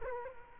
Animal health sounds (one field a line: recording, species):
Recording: mosquito wingbeat signal from an infrared sensor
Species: Culex quinquefasciatus